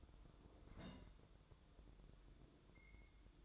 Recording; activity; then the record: daily activity, microphone in the room; place on stove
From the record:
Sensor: 3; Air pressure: 1008.1 hPa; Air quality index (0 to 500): 127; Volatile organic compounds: 2 ppm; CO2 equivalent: 1050 ppm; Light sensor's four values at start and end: 9/21/8/8 and 9/21/8/8